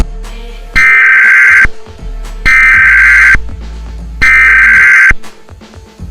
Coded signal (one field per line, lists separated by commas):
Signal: Emergency Alert System (SAME) tones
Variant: header bursts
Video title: EAS Scenario: Dark Titanomachy